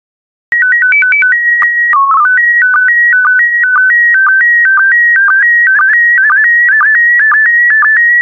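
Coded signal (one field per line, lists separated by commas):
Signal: SSTV (slow-scan television)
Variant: PD120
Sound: warbling tone hopping between pitches, header tones, then short low blips twice per second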